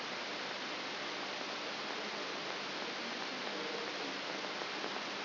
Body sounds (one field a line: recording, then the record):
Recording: brain microelectrode recording played as sound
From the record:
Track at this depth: outside the subthalamic nucleus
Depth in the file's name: 6.501 mm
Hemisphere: left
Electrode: 3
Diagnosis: Parkinson's disease